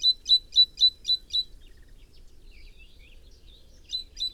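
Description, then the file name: Great tit giving six sharp, high notes in quick succession, faint twittering, then two more notes. "Parus major"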